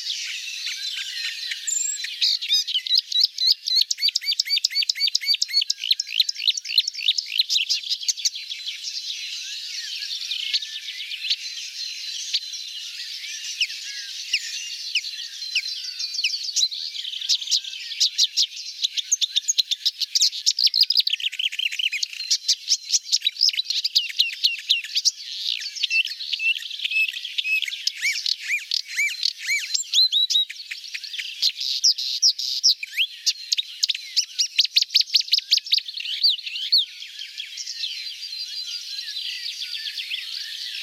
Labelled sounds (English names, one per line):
Marsh Warbler song